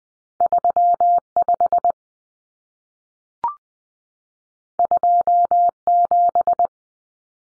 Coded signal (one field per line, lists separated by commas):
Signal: Morse code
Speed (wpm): 20 wpm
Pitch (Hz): 700 Hz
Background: none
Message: 35 27